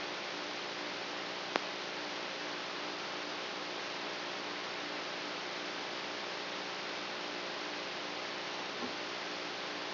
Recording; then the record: brain microelectrode recording played as sound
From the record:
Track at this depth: inside the subthalamic nucleus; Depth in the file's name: 3.503 mm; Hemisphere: right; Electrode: 3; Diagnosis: Parkinson's disease